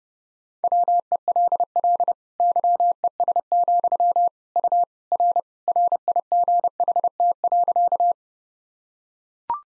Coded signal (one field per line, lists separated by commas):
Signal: Morse code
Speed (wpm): 32 wpm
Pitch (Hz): 700 Hz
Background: none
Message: WELL YES, U R RIGHT.